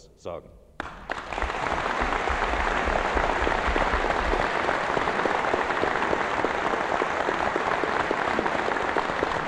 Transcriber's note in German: Applaus